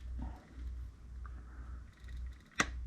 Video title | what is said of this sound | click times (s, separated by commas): Fixing a Broken Wheel - Replacing a Metal Steering Cup on an SCY 16101 Suchiyu 16101 RC Car Ep. 11 | A good solid snap sound will let you know that you've got them correctly inserted into the sockets. | 2.6 s